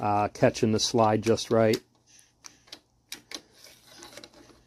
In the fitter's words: there i didn't catch it